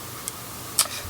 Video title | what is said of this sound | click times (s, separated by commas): Syllable D900 Mini Bluetooth Earbud Review | so as soon as it gets close it it snaps in place | 0.8 s